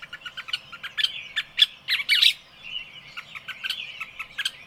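Birds singing together, a dense mix of high chirps, sharp tweets and short warbled phrases, with louder bursts near the second second.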